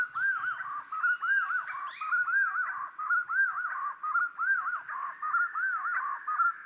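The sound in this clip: Common quail calling a steady run of liquid three-note phrases, about one a second, with some thin high chirps at the start.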